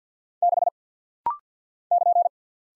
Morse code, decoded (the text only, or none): 6 <KN>